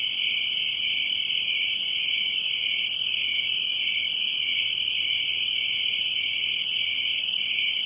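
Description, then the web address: Crickets chirping in an even, unbroken high trill, with a soft rhythmic pulsing running through the whole chorus. "Production Music SOUND EFFECTS 1 Crickets"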